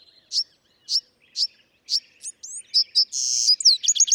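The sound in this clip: Bewick's wren singing: several evenly spaced sharp introductory notes, then quick slurred whistles, a harsh buzz and a closing rapid trill.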